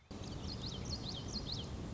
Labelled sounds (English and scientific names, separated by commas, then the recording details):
Common Yellowthroat (Geothlypis trichas)
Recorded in Sonoma County, California